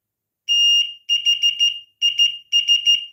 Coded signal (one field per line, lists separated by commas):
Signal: Morse code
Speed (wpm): 13 wpm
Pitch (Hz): 2850 Hz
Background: none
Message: THIS